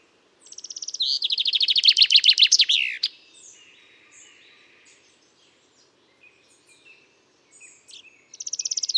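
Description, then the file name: Common chaffinch song: a bright, descending series of repeated notes ending in a quick flourish, followed by faint soft chirps, then a new phrase beginning at the end. "Fringilla coelebs"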